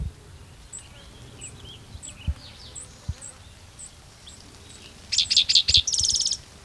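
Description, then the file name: Spotted Towhee song of brief opening notes and a buzzy fast trill, preceded by a series of thin high notes. Recorded 12 June 2009 in Cicero. "Cicero 12 Jun 2009 Pmaculatus"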